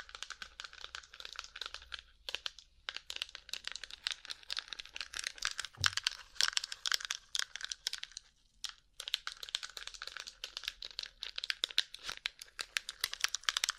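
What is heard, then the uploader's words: Rhinestone covered tapping, a dense run of quick, bright clicks and crinkly scratches that continues almost without pause. Brief silent gaps fall near 2.5 and 8.5 seconds, a low thump lands around 6 seconds, and a faint low hum sits underneath early on. ASMR Rhinestone Covered Tapping 3Dio (No Talking).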